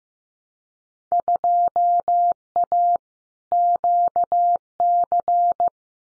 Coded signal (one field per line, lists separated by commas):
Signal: Morse code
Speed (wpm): 15 wpm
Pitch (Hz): 700 Hz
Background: none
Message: 2A QC